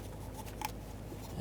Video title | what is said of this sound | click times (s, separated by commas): How to Replace Engine Knock Sensor Harness 2003-2021 Chevrolet Express Van 3500 | just drop it down until it clicks and | 0.6 s